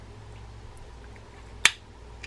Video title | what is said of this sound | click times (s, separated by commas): Daiwa Sealine 30H saltwater fishing reel how to take apart and service | And when you hear that snap, you know you've got the line. | 1.7 s